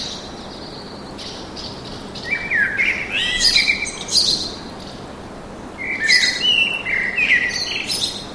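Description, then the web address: Birds singing in bursts: rapid twittering phrases with high chirps, a pause of a second or two, then another tumbling warbled run. Birds singing in a park, urban atmosphere. "sonido de la atmosfera urbana con pajaros cantando en el parque"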